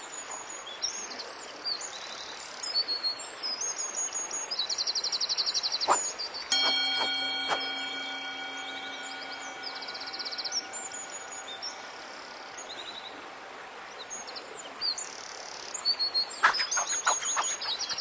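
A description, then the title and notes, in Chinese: A mountain stream rushes steadily beneath dense, busy birdsong chirping high overhead throughout. Around six to seven seconds sharp metallic strikes ring out, leaving a clear sustained tone that fades by about twelve seconds; another quick burst of strikes comes near sixteen seconds. 白噪音 中国风 高山流水 武侠练剑修仙氛围。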